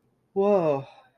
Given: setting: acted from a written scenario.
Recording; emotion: vocal sound without words; awe